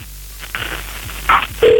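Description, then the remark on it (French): A telephone call being placed: a few brief electronic dialing tones over a low hum, then a steady ringing tone begins and holds to the end. “C'est parti, on appelle.”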